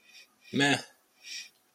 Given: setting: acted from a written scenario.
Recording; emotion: vocal sound without words; neutral